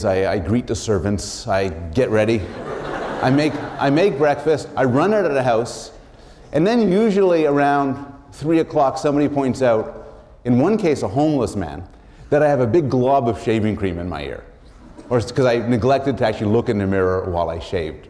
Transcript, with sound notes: I greet the servants; I get ready; [laughter] I make breakfast. I run out of the house and then usually around 3 o’clock somebody points out, in one case a homeless man, that I have a big glob of shaving cream in my ear or — because I neglected to actually look in the mirror while I shaved.